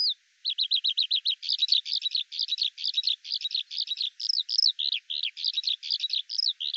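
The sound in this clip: Eurasian skylark singing a fast string of repeated high chirps, first an even trill, then jumbled twittering and rising-falling slurs, nonstop after a brief pause at the start.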